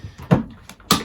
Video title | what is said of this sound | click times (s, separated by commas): UNBOXING : KARCHER SE 4001 Wet and Dry Vacuum Cleaner | So I'm going to take the nozzle there and I'm going to push it into the coupler until it clicks into place. | 0.9 s